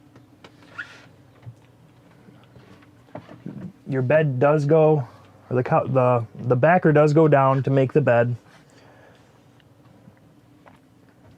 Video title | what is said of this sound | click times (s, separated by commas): Veurink's RV Center - 2020 nuCamp Tab 320S Boondock - Virtual Show-Through - RV Dealer in Michigan | So I'll just push down like so, locks into place. | 0.4 s